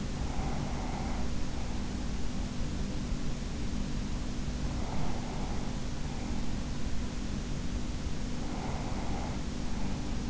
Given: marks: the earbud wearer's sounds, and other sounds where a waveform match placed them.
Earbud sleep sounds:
sounds in sleep by an in-ear microphone; breath
0.00-2.42 s: breath
4.42-6.75 s: breath
8.14-10.30 s: breath

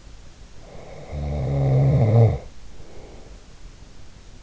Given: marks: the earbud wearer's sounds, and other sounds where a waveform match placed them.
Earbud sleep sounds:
sounds in sleep by an in-ear microphone; snoring breath
0.54-3.37 s: snoring breath

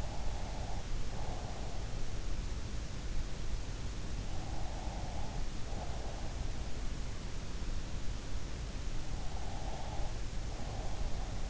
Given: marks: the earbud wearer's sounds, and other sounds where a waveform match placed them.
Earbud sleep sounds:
sounds in sleep by an in-ear microphone; breath
0.00-2.19 s: breath
4.38-6.67 s: breath
9.16-11.49 s: breath

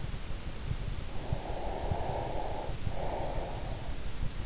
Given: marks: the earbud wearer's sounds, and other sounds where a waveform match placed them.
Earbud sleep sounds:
sounds in sleep by an in-ear microphone; breath
1.18-3.93 s: breath

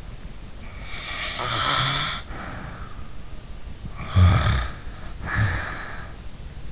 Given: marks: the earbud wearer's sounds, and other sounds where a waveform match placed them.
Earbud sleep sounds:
sounds in sleep by an in-ear microphone; snoring breath
0.65-2.97 s: snoring breath
3.91-6.13 s: snoring breath

